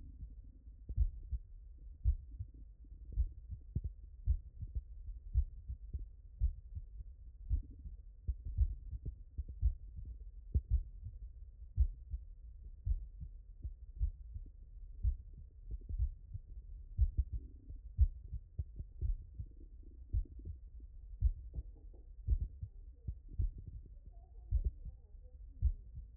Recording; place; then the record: heart sounds by stethoscope; mitral valve (MV)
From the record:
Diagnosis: HFrEF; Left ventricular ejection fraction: 33%